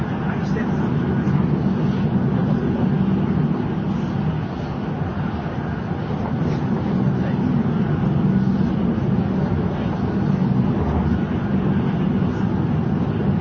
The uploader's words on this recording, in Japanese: JRN700系 京都〜新横浜。ひかり530号に乗車し、録音しました。